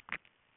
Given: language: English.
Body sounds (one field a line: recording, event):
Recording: throat vibration sensor signal played as sound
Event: swallow